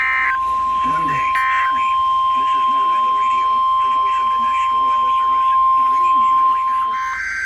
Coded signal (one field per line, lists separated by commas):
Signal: Emergency Alert System (SAME) tones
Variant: 1050 Hz attention tone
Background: speech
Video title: SEVERE WEATHER INSANITY - EAS Alerts from 7/29/2023 (EAS #295-#316)